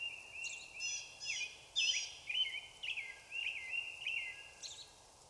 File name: Misc And Blue Jays One Screemer 20160417